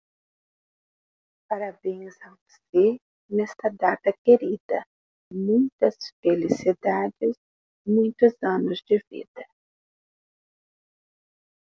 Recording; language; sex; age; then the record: short text; Brazilian Portuguese; female; 50 to 59 years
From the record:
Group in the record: control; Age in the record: 57 years